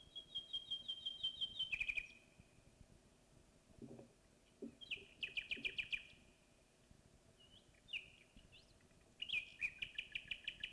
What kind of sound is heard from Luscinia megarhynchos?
song